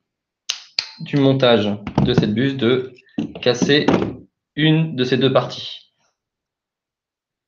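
A 3D printer nozzle is tightened into its heater block with a preset torque wrench, set to a specific torque so the heat break and heater block don't break during assembly. Two sharp clicks sound at 0.5 s and 0.8 s as the wrench reaches its setting, and the tightening is confirmed complete. Someone talks throughout.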